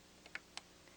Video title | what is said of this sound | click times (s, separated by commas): PFAFF creative 7550: Volume II (VHS, 1994) | you'll hear it snap into place | 0.4 s, 0.6 s